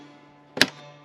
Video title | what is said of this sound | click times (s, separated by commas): Jayco Caravan - Aussie Icon or not? | they just go up there and snap in place and automatically you've got some additional | 0.6 s